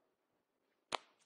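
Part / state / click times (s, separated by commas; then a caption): tablet cover on the tablet's magnetic edge connector / seated / 0.9 s. A Microsoft Surface keyboard cover is attached to the tablet's magnetic connector along its edge, and it snaps on with a sharp click at 0.9 s. The click rings out briefly against a quiet background, with a faint softer tap just after. The cover is seated, and the click confirms a solid connection.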